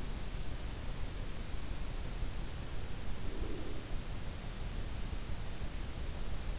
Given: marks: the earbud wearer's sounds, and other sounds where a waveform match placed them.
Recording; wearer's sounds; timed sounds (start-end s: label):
sounds in sleep by an in-ear microphone; breath
3.24-3.89 s: breath